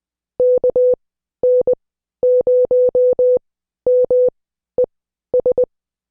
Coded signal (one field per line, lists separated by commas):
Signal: Morse code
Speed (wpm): 20 wpm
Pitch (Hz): 500 Hz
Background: none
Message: KN0MES